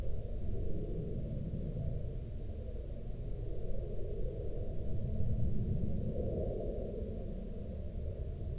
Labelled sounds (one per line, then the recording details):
aircraft
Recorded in the Prudhoe Bay oil fields, Alaska, on 6 August 2019 at 14:09
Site 13